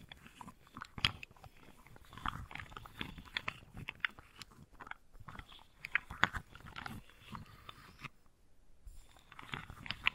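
Wooden balls clack and rub in quick, irregular bursts, with crisp sharp taps standing out and a short pause around eight seconds.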